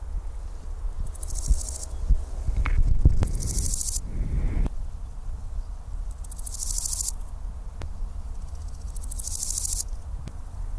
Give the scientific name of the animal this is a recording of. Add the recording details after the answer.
Chrysochraon dispar. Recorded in the wild. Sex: male. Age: imago. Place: Ferch, Schwielowsee, Brandenburg, DE. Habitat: Feuchtbiotop. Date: 1997-09-05 11:40. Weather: 24°C, heiter. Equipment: Sony MD-WM MZ-R3, Sennheiser ME 80, K 30 AV, Kopie Uher 4000 Report Monitor. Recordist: Tembrock, Günter